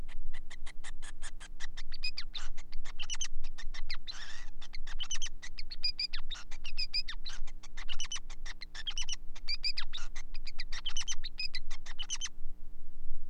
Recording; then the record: song of a male Bengalese finch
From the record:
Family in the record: son of father 5